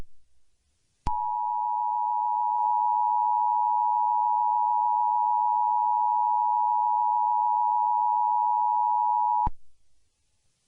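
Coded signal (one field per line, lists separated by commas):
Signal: Emergency Alert System (SAME) tones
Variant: 853 and 960 Hz attention tone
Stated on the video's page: Fictional EAS scenario recreation.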